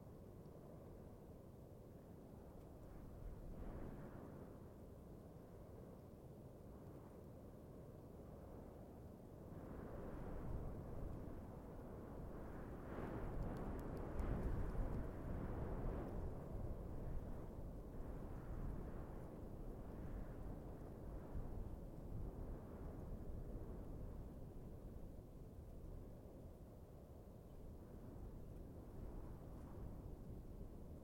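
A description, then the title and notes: Outdoor ambience on a barren desert plateau, dominated by a deep, continuous rumble of wind. The rush swells from around ten seconds, peaks near fifteen with gusty bursts, then settles into a slightly fluctuating roar through the end. Atacama Desert is a collection of stereo and quad soundscapes recorded in the barren but amazingly beautiful desert plateau of Western Chile.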